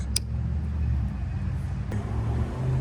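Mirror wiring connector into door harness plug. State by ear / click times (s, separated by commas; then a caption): seated / 0.2 s. The plastic wiring connector of a 2016-2025 Chevy Malibu door mirror is pushed back onto its mating plug inside the door, giving one sharp, bright click at 0.2 s over a steady low rumble. A fainter tick follows at 1.9 s, and the connector is seated.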